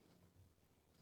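An interlocking plastic Swisstrax floor tile tab is handled into the adjacent tile, with only a faint, steady low rumble heard. Nothing has seated or clicked yet.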